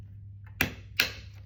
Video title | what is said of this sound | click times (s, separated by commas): How to clean a Phonak/Unitron Receiver-in-the-ear hearing aid | You get a little clicking sound. | 0.6 s, 1.0 s